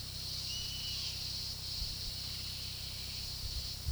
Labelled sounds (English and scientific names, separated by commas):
Black Caracara (Daptrius ater)